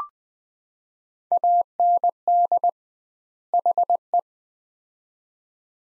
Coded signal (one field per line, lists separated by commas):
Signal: Morse code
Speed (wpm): 20 wpm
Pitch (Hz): 700 Hz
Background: none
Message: AND HE